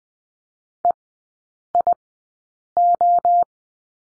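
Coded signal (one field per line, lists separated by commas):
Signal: Morse code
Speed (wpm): 20 wpm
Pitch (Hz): 700 Hz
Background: none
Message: EIO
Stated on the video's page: Morse code course lesson on the letter I, sent at Farnsworth speed of 20/10 wpm.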